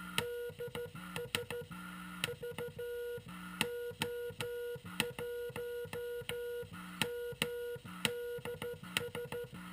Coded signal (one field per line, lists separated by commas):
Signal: Morse code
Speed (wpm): 13 wpm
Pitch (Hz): 480 Hz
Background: none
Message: DS VO1MDS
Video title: Frog sound QRP CW Transceiver 7.023mhz